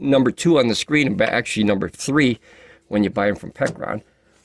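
Someone talks while handling the cable plug of a PECRON EP3000 expansion battery that is about to be pushed into the port of a PECRON E3600LFP portable power station. The plug has not gone home yet, and nothing has seated or clicked in this clip.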